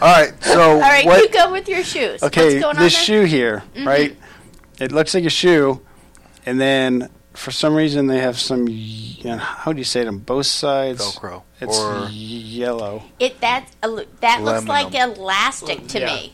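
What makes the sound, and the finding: Adult male in conversation. Aphasia.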